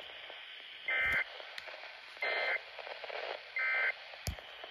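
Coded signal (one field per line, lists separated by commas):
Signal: Emergency Alert System (SAME) tones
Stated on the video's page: Tones used to self-activate weather radios and scanners, and can trigger more than one radio at once.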